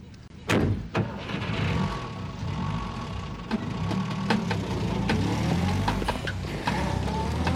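A taxi's engine rumbles steadily at a low pitch for several seconds as it drives to Beethoven Street, with a sharp thud near the start and scattered clicks and knocks over the hum. No one speaks.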